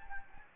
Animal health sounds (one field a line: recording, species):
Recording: mosquito wingbeat signal from an infrared sensor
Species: Anopheles gambiae